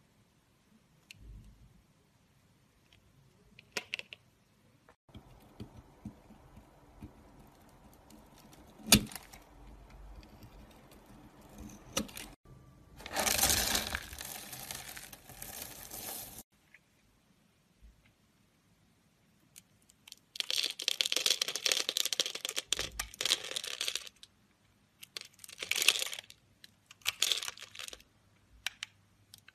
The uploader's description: SOAP CARVING